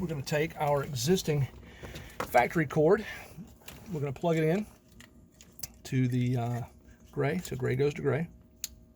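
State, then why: Seated. A man talks while plugging the factory cord's gray plastic connector into the matching gray harness socket in a Yamaha jet boat's engine bay, and a few faint ticks follow. A sharp click at 8.6 seconds marks the connector seating firmly.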